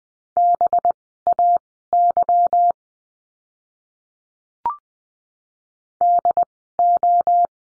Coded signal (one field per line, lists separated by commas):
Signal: Morse code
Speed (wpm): 20 wpm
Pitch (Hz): 700 Hz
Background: none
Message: BAY DO